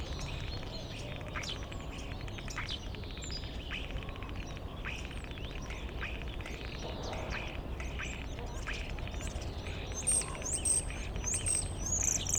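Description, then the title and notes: Common starling song of rapid clicks and rattles with scattered whistles, ending in several high, thin whistled notes, with low steady background noise. Starlings outside a window in rural Goworów, Poland, mimicking other bird species rather than car alarms; recorded with Zoom F4 and AT BP4025. "Goworów 6, 57-515, Poland - Starlings mimicking other species. Zainstalowały mi się za oknem szpaki i udają najróżniejsze inne dźwięki. Obok wcale nie ma stawu - to szpaki udają żaby. Tak samo z wołaniem żurawi - to słabsze głosy, ale ewidentny zaśpiew żurawia"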